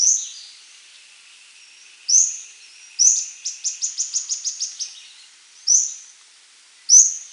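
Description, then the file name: Bird calls: high sharp chirps separated by pauses, with a fast rattling series of ticking notes near the middle, over a faint steady hiss. "SABIOD 50 bird 2015"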